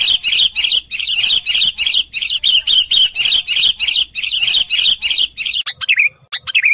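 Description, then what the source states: Lovebird calls, a dense run of harsh, rapid chirps pulsing several times a second, ending in a few separate sharp, falling chirps. Lure sound (pikat) used to attract lovebirds for trapping.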